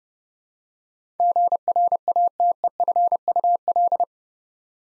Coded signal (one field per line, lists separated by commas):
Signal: Morse code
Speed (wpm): 30 wpm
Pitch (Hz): 700 Hz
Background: none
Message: GRATEFUL